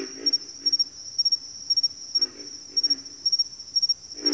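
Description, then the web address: Pig frog giving short, low grunts in scattered bursts beneath a constant high cricket chirping. "Sleep Sounds of Nature. Pig Frogs"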